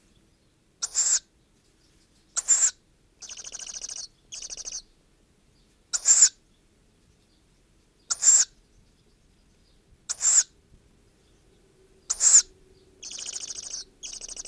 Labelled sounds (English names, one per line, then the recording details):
Tawny Owl
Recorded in the wild
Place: Blumenholz, Mecklenburg-Vorpommern, DE
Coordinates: 53.453, 13.186
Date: 1980-05-08 08:15
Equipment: Nagra III BH, Sennheiser MD 21
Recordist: Schubert, Michael
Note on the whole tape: Ca. 20-tägiger, handaufgezogener Waldkauz diverse Rufe